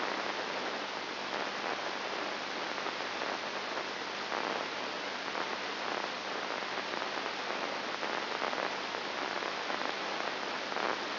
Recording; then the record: brain microelectrode recording played as sound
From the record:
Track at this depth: inside the subthalamic nucleus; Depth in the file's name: 3.101 mm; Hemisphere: left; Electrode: 2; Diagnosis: Parkinson's disease